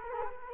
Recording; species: mosquito wingbeat signal from an infrared sensor; Culex quinquefasciatus